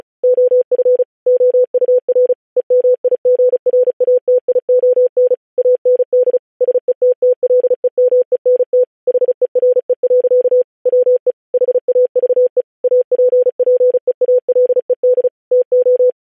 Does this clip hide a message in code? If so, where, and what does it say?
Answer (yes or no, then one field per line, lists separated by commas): yes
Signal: Morse code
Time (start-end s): 0.2-16.1 s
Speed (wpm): 36 wpm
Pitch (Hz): 500 Hz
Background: none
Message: OF OUR EMIGRATION AND SETTLEMENT HERE. WE HAVE APPEALED TO